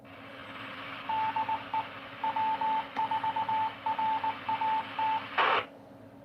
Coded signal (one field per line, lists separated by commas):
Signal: Morse code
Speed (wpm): 19 wpm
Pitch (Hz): 880 Hz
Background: radio noise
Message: DE W4RAT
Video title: RATS UHF rag chew net, Aug 27 2026 American Radio X-ray is live!